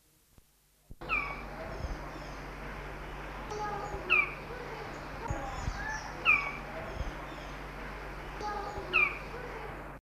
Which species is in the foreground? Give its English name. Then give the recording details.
Magnificent Bird-of-paradise. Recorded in captivity. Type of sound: call. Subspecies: chrysopterus. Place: Vogelpark Walsrode, Niedersachsen, DE. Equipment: Halbspur, 9,5 cm/s. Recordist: Lütgens, Hans. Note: Rufe